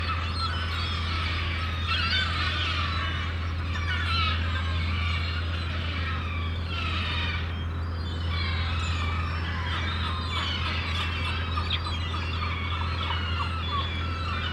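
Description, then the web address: Gulls squealing and yelping in a dense, overlapping chorus, with a continuous low hum underneath. Many gulls calling in a harbour. "The Sound Pack Tree - Sonic Seaside - Crazy Harbor Seagulls"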